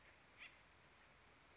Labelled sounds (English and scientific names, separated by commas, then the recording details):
Western Flycatcher (Empidonax difficilis)
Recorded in Sonoma County, California